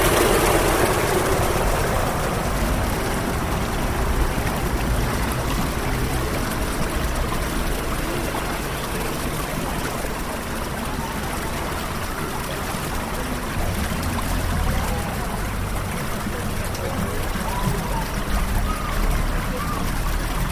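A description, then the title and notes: A stretch of sound from the East Devon fishing village of Beer: a dense, steady wash of rushing, trickling water fills the whole clip with a low rumble beneath it. Faint snatches of voices surface now and then, mostly in the second half. A short journey in sound around the East Devon fishing village of Beer.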